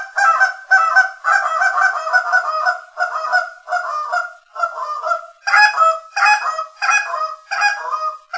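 Canada goose honking, a rapid series of harsh, nasal honks, often overlapping as several birds call together with hardly a pause.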